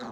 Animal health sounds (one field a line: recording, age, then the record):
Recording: pig call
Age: piglet (1 to 25 days)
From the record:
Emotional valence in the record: negative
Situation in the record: short isolation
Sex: male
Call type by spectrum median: low-frequency call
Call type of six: low-frequency tonal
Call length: 0.12 s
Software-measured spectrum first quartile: 315 Hz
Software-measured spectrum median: 681 Hz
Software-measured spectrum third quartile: 1373 Hz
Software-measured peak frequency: 230 Hz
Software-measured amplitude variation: 36 dB a second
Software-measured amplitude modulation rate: 20.4 a second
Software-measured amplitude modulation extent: 1.8 dB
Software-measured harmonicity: 0.4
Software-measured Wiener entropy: -0.63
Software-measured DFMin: 1139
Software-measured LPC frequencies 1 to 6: 559, 1159, 3945, 6030, 6747, 8412 Hz